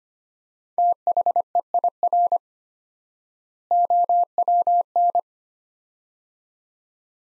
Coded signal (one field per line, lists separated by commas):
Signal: Morse code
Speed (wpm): 25 wpm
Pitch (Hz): 700 Hz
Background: none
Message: THEIR OWN